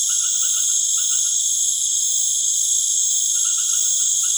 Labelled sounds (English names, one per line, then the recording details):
none
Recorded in pastures near Puerto Asís, Putumayo, Colombia, on 19 March 2025 at 19:00
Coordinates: 0.505, -76.324
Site GP08